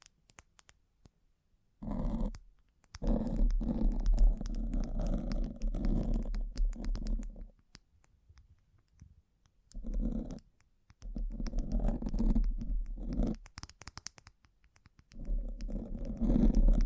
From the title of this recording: Bling Bling Triggers